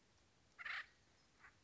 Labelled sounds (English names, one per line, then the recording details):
Acorn Woodpecker
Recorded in Sonoma County, California